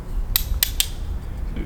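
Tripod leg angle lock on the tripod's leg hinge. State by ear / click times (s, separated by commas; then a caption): seated / 0.4 s, 0.6 s, 0.8 s. A K&F Concepts TM2324 tripod leg is bent outward at its hinge, and the leg-angle lock gives sharp clicks at 0.4, 0.6 and 0.8 seconds against a low background rumble. The lock seats into its detent stop and holds the leg in position.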